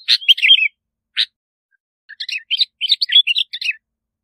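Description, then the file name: Bulbul song: short bursts of bright, warbled and chattering notes, a lone sharp note, then a longer run of quick liquid phrases. "Tieng chao mao bong lau"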